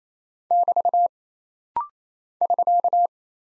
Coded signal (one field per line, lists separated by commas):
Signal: Morse code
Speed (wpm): 28 wpm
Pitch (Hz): 700 Hz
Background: none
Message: <BT> <SK>